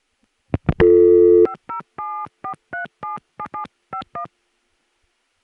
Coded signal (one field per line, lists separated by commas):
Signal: DTMF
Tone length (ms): 110 ms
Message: 5074377751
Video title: Early 80s pgm. 13: Odd Ring Tones, A Remote New York City Dialtone, Time Announcements, 1981 - 1983